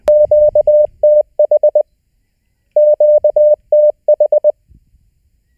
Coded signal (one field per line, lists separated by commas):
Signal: Morse code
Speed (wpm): 20 wpm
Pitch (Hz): 600 Hz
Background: none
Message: QTH QTH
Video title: Learn Morse: Homework 4